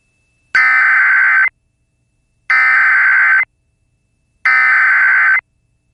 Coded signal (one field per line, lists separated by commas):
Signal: Emergency Alert System (SAME) tones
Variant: header bursts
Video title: EAS Tornado Warning SE Missouri (Damaging Tornado On The Ground!) NOAA Weather Radio